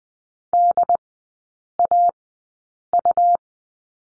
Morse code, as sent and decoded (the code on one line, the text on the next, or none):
-.. .- ..-
DAU